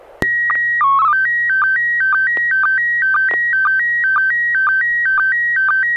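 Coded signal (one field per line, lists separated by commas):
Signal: SSTV (slow-scan television)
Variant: PD 120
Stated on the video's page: SSTV images exchanged on a weekly amateur net via an FM repeater on 441.300 MHz in Sacramento, California.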